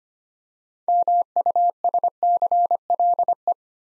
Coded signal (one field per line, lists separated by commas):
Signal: Morse code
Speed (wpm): 25 wpm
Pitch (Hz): 700 Hz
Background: none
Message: MUSCLE